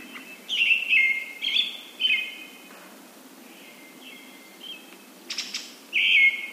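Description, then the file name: Brown-headed thrush: a loud phrase of several whistled notes, a softer quieter phrase, a short high burst, then a further whistled note. "akahara"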